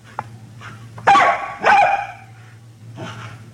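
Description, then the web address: Small dog giving two loud high barks close together, with fainter yips before and after, over a low background hum. "barking-dog small-dog-barking"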